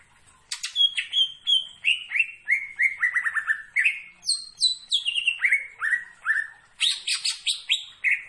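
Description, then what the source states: Greater green leafbird singing a continuous, varied run of loud whistled notes, many slurring downward, delivered about three per second with scattered high chips above. Singing actively; described as "gacor".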